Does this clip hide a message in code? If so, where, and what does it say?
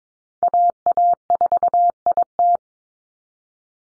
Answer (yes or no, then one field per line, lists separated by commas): yes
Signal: Morse code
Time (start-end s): 0.4-2.6 s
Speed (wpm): 22 wpm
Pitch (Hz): 700 Hz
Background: none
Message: AA4IT